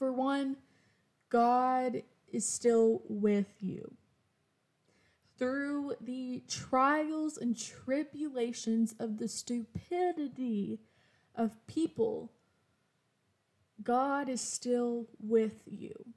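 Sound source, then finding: Adult woman speaking. Stuttering.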